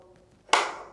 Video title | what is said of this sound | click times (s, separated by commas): SmartBench: First Setup | until you hear a click and the green band is no longer visible | 0.5 s